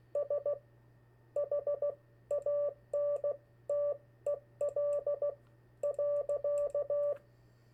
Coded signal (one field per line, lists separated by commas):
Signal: Morse code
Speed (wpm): 16 wpm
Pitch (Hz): 580 Hz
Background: none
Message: SHANTEL.